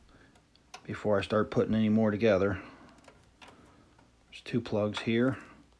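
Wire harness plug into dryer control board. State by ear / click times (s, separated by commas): not seated / none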